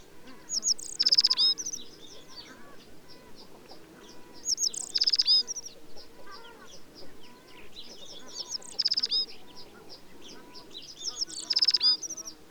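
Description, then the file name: Grasshopper (dahurica): short, dry rasping bursts of clicks repeated every few seconds, with faint soft chirps in between. Recorded at Khukh Nuur, Bayankhongor, Mongolia. "broacc-dahurica-1-S mng bayankhongorijn-khukh-nuur"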